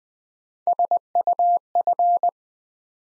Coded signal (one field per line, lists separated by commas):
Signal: Morse code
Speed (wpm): 20 wpm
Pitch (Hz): 700 Hz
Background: none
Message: SUF